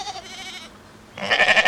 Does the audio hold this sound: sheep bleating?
yes